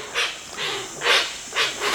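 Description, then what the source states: Hoatzin wheezy calls of a group, five hoarse hissing bursts about every half second. Wheezy calls of a group, sounding more like a troop of monkeys than a flock of birds; highly social birds that nest over the water.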